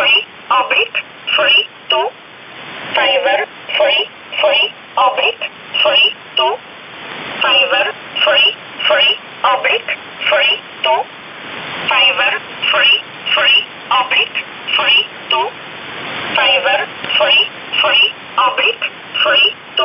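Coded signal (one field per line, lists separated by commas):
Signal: numbers station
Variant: E11 Oblique, English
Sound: short, evenly spaced spoken words, likely numbers, in a narrow radio voice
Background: radio static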